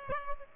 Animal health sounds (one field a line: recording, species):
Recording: mosquito wingbeat signal from an infrared sensor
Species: Aedes aegypti